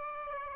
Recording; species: mosquito wingbeat signal from an infrared sensor; Aedes aegypti